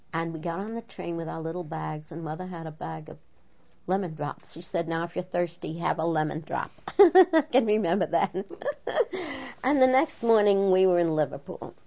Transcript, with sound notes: And we got on the train with our little bags, and mother had a bag of lemon drops. She said, "Now, if you're thirsty have a lemon drop." (She laughs.) I can remember that. And the next morning we were in Liverpool.